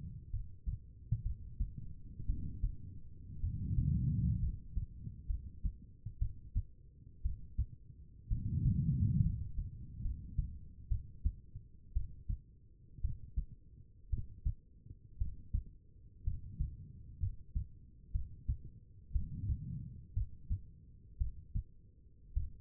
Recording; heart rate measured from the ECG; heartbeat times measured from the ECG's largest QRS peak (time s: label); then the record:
heart sounds by stethoscope; 60 bpm
0.31 s: heartbeat
1.23 s: heartbeat
2.26 s: heartbeat
3.41 s: heartbeat
4.40 s: heartbeat
5.27 s: heartbeat
6.19 s: heartbeat
7.22 s: heartbeat
8.29 s: heartbeat
9.22 s: heartbeat
10.02 s: heartbeat
10.88 s: heartbeat
11.93 s: heartbeat
13.01 s: heartbeat
14.10 s: heartbeat
15.18 s: heartbeat
16.24 s: heartbeat
17.20 s: heartbeat
18.12 s: heartbeat
19.12 s: heartbeat
20.14 s: heartbeat
21.18 s: heartbeat
22.34 s: heartbeat
From the record:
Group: healthy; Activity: rest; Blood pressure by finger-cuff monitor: 94/62 mmHg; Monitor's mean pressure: 71 mmHg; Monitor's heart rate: 58 bpm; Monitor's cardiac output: 4.4 L/min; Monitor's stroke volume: 73 mL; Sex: female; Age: 36 years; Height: 163 cm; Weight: 88 kg